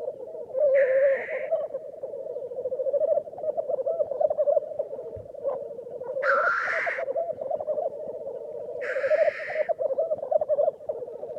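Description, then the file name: Black grouse rookooing in an unbroken bubbling stream, with three separate loud hissing sneezes spaced a few seconds apart. "Digiffects Sound Effects Library - Black Grouse Bird Version 1"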